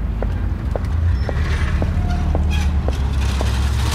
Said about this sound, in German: Gerade geht eine Jalousie runter.